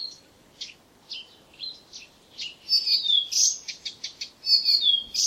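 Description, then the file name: Blyth's reed warbler singing: spaced single high notes at first, then a denser burst of whistled, descending slurs and chatter toward the end. "buschrohrsaenger"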